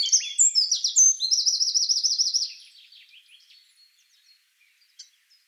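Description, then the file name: Eurasian wren song, a vigorous burst of high, fast trills that fades away into near silence with one faint late note. "Troglodytes troglodytes"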